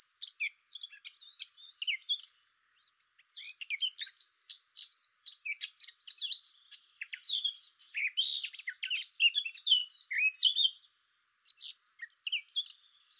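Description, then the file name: Eurasian blackcap singing a fast, varied twittering warble in long bursts, with brief pauses near two and eleven seconds before resuming. "Sylvia atricapilla"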